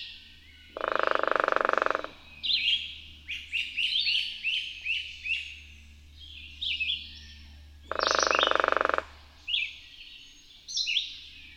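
Bird song: varied, high chirping and warbled phrases repeating throughout, broken twice by a loud, lower buzzing sound lasting about a second each.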